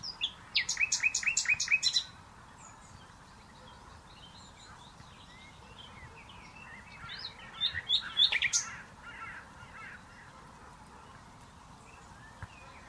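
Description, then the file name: Common nightingale song: a burst of rapid, loud repeated chattering notes, a long pause, then another varied phrase of sharp notes. "Luscinia megarhynchos"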